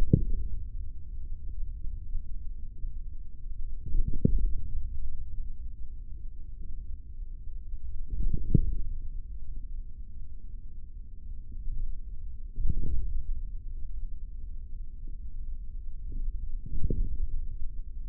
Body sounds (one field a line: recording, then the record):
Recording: forearm muscle sounds (acoustic myography)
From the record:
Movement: index flexion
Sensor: system 3, bracelet of six PUI Audio POM-2738L microphones around the upper forearm, with dedicated amplification and filtering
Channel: 1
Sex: male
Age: 43 years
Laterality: right